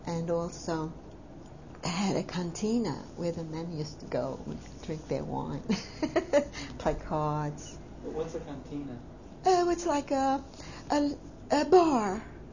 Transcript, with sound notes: And also had a cantina where the men used to go and drink their wine. (she laughs ) Play cards.
What's a cantina?
It's like a bar.